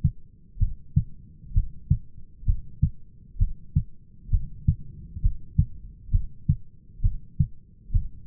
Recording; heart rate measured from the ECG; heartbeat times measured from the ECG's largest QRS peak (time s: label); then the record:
heart sounds by stethoscope; 65 bpm
0.60 s: heartbeat
1.55 s: heartbeat
2.47 s: heartbeat
3.40 s: heartbeat
4.32 s: heartbeat
5.23 s: heartbeat
6.12 s: heartbeat
7.03 s: heartbeat
7.93 s: heartbeat
From the record:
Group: heart failure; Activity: rest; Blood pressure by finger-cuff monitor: 132/92 mmHg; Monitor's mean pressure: 107 mmHg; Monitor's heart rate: 65 bpm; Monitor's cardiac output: 6 L/min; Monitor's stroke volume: 92 mL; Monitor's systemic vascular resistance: 1330 dyn s/cm5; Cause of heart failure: idiopathic cardiomyopathy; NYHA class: 1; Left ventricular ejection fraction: 50%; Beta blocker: bisoprolol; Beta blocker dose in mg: 5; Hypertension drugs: candesartan, spironolactone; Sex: male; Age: 54 years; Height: 180 cm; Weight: 94.6 kg